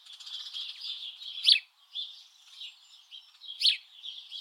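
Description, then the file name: House sparrow chatter, a blurred wash of twittering with two louder sharp chirps standing out. "Passer domesticus"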